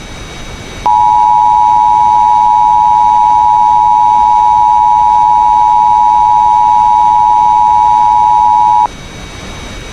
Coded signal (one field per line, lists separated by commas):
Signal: Emergency Alert System (SAME) tones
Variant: 853 and 960 Hz attention tone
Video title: EAS Recreation Mock | Hutchison FRW